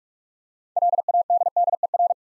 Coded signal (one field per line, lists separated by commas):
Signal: Morse code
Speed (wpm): 44 wpm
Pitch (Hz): 700 Hz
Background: none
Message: LADDER